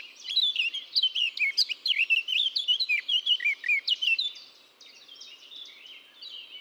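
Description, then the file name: Eurasian blackcap song: a rapid, varied warble of scratchy and fluty notes for about four seconds, then a quieter, softer chatter to the end. "Sylvia atricapilla"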